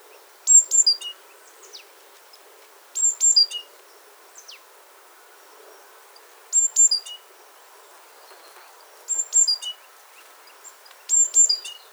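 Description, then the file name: Great tit calls, short high chirpy bursts with a bright note followed by lower notes, repeated roughly every three seconds over a steady low background hum. "Parus major"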